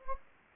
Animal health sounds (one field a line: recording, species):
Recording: mosquito wingbeat signal from an infrared sensor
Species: Anopheles gambiae